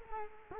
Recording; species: mosquito wingbeat signal from an infrared sensor; Culex quinquefasciatus